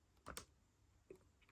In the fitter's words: most of the times you hear that click